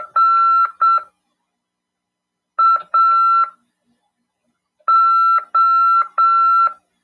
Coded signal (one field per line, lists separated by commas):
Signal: Morse code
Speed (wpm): 7 wpm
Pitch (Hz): 1350 Hz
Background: none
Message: NAO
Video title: RADIOAMADOR 2ªEd. 7/12/2022 "AULA 41: CW, LEGIS, e C.RODADA" FM 146.410 Mhz PY2EXU PAULO CRASP/RAF.